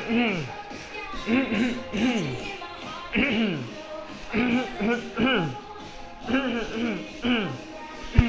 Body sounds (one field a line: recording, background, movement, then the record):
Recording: throat clearing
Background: music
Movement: walking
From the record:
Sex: male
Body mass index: 20.6 kg/m2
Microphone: on the chest, facing the body